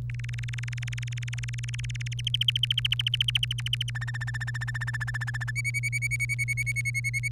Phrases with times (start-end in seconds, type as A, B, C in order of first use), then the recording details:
0.10-2.08 A, 2.12-3.90 B, 3.95-5.51 C, 5.56-7.28 D. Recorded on 1 May 2018 at 06:32. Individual llb3